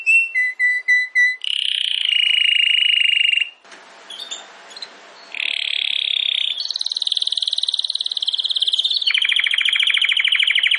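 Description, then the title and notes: Domestic canary song opening with separate chirps, then steady buzzing trills, a short gap with scattered notes, and more trills at changing pitches. Belgian canary singing, Campainha song style. "Canário Belga Campainha Canary Singing. Canario Belga Cantando"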